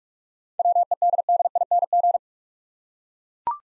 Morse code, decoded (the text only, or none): WEDDING